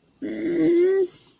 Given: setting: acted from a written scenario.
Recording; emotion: vocal sound without words; embarrassment